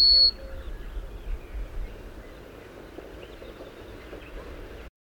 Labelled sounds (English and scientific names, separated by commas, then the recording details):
Yellowhammer (Emberiza citrinella) song
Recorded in the wild
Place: Dumbraveni, Transilvania, RO
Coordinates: 46.23, 24.575
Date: 1976-06-05 06:30
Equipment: Nagra III BH, Sennheiser MD 21, parabola
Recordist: Schubert, Michael
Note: Gesang Goldammer